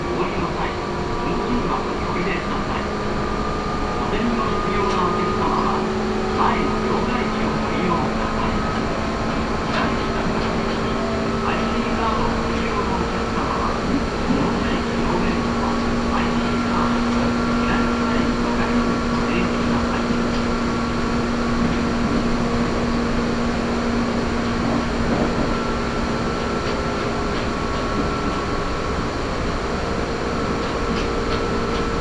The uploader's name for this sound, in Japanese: 名古屋鉄道 蒲郡線 蒲郡→吉良吉田